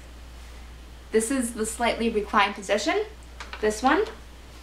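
Someone talks while handling the seat of a Stokke Xplory stroller, working its recline lever toward its position notch to lower the seat toward the fully reclined position. Nothing has seated or clicked yet; the lever has not snapped into place.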